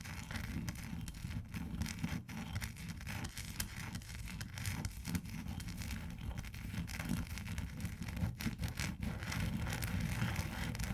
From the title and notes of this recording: ASMR Ice Tapping & Scratching (No Talking).